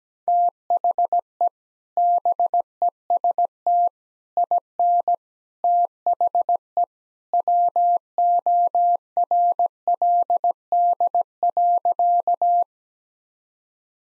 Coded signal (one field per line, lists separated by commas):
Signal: Morse code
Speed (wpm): 17 wpm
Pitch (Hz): 700 Hz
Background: none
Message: THE BEST IN THE WORLD.